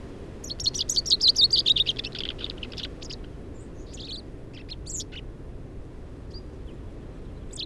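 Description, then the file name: Common chaffinch giving a fast descending trill of crisp notes lasting about one and a half seconds, followed by scattered softer chips and brief high calls. "Fringilla coelebs"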